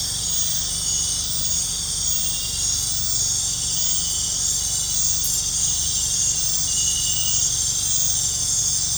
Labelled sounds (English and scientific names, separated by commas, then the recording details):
none
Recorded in pastures near Puerto Asís, Putumayo, Colombia, on 20 December 2024 at 20:30
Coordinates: 0.466, -76.322
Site G040